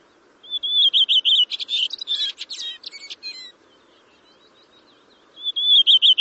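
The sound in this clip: Bird song, a fast high whistled trill running into a jumble of sharp chips and buzzy notes, a pause, then the trill starting again.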